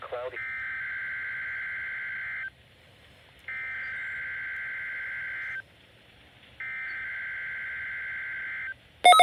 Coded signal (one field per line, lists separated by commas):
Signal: Emergency Alert System (SAME) tones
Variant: header bursts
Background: speech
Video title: Required Weekly Test [EAS #419]